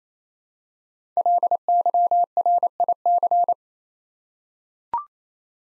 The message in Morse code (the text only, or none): LYRIC